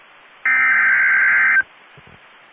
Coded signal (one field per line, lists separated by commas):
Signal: Emergency Alert System (SAME) tones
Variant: header bursts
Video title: Severe Thunderstorm Watch (EAS 1869) 5/31/22